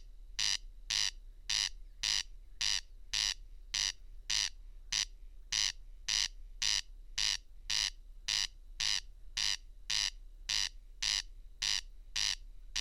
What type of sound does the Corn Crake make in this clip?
song